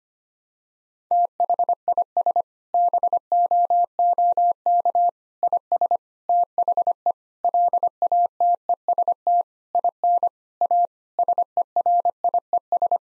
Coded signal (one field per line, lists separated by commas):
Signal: Morse code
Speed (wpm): 25 wpm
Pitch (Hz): 700 Hz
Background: none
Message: THIS BOOK IS THE LATEST IN A SERIES